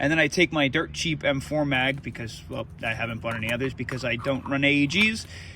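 A man talks throughout while handling a cheap plastic M4-style airsoft magazine, about to push it into an old, flimsy magazine adapter with a small latch on an airsoft shotgun. No sharp handling sounds stand out beneath the speech. The clip ends before the magazine goes home, so nothing has seated or clicked yet.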